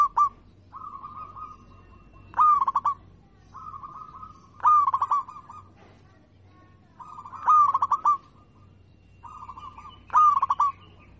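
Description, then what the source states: Zebra dove repeats short staccato coo phrases, five in all, alternating with softer level hum-like notes, over a faint low background rumble. Local-type (lokal) zebra dove song (kicau).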